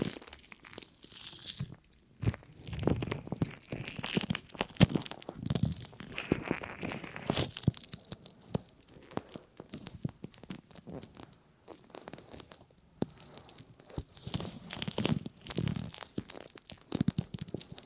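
Ear cleaning sounds: dense, irregular crunching and crinkling scratches with sharp bursts and brief quiet gaps, continuing unevenly throughout.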